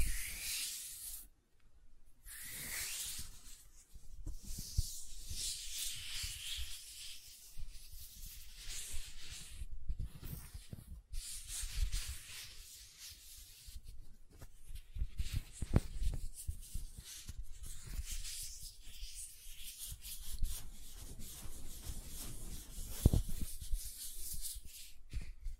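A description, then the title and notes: Gentle silicone rubbing and scratching, soft and hissy, with brief pauses near two and ten seconds and occasional light taps. ASMR Gentle Silicon Sounds for Sleep (No Talking).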